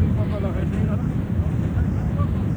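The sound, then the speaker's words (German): A gold mine shaft elevator in South Africa rushes downward, dropping 36 meters with each turn of the 12-meter winding drums, with a steady, loud, low roar and a rushing, wind-like hiss that holds constant throughout without a break. “Mit jeder Umdrehung, die sie machen, saust der Aufzug 36 Meter runter.”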